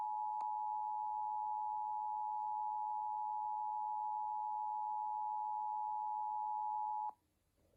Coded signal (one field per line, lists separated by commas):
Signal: Emergency Alert System (SAME) tones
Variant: 853 and 960 Hz attention tone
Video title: A Normal Day | EAS #24-34